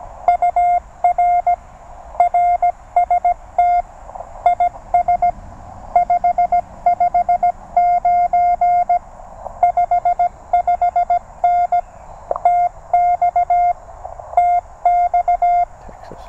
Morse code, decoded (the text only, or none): UR RST IS 559 55N TX TX